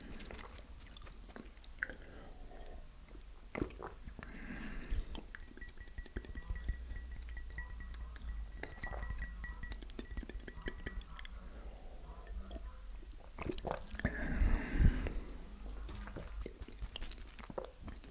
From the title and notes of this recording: Dominos Pepperoni Pizza MUKBANG (TINGLY EATING SOUNDS).